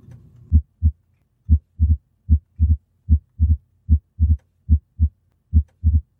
S2 splitting occurs as a result of inspiration. During this period, there's no splitting occurring. However, once the patient inhales, more blood enters the right heart, then the closure of the pulmonic valve is delayed, causing the aortic valve to close first, and then the pulmonic valve closing.